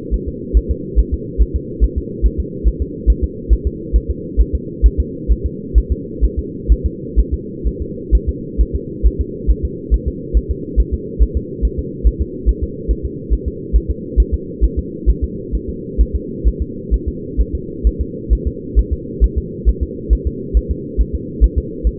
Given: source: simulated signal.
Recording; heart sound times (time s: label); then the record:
fetal heart sounds
0.14 s: S1
0.28 s: S2
0.57 s: S1
0.71 s: S2
0.99 s: S1
1.14 s: S2
1.42 s: S1
1.56 s: S2
1.84 s: S1
1.98 s: S2
2.26 s: S1
2.40 s: S2
2.68 s: S1
2.82 s: S2
3.10 s: S1
3.24 s: S2
3.53 s: S1
3.67 s: S2
3.96 s: S1
4.10 s: S2
4.41 s: S1
4.55 s: S2
4.86 s: S1
5.00 s: S2
5.32 s: S1
5.46 s: S2
5.78 s: S1
5.92 s: S2
6.24 s: S1
6.39 s: S2
6.72 s: S1
6.86 s: S2
7.20 s: S1
7.34 s: S2
7.67 s: S1
7.82 s: S2
8.15 s: S1
8.29 s: S2
8.61 s: S1
8.76 s: S2
9.06 s: S1
9.21 s: S2
9.51 s: S1
9.65 s: S2
9.94 s: S1
10.08 s: S2
10.37 s: S1
10.51 s: S2
10.80 s: S1
10.94 s: S2
11.23 s: S1
11.37 s: S2
11.65 s: S1
11.79 s: S2
12.07 s: S1
12.21 s: S2
12.49 s: S1
12.63 s: S2
12.91 s: S1
13.05 s: S2
13.33 s: S1
13.48 s: S2
13.76 s: S1
13.90 s: S2
14.20 s: S1
14.34 s: S2
14.64 s: S1
14.79 s: S2
15.09 s: S1
15.24 s: S2
15.55 s: S1
15.69 s: S2
16.01 s: S1
16.15 s: S2
16.48 s: S1
16.62 s: S2
16.94 s: S1
17.08 s: S2
17.41 s: S1
17.55 s: S2
17.87 s: S1
18.01 s: S2
18.33 s: S1
18.47 s: S2
18.79 s: S1
18.93 s: S2
19.24 s: S1
19.38 s: S2
19.69 s: S1
19.83 s: S2
20.13 s: S1
20.27 s: S2
20.57 s: S1
20.71 s: S2
21.01 s: S1
21.15 s: S2
21.44 s: S1
21.58 s: S2
21.87 s: S1
From the record:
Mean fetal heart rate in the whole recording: 135 bpm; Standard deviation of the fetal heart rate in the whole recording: 3 bpm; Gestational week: 34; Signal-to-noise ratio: -4.1 dB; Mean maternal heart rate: no maternal heart sound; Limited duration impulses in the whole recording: absent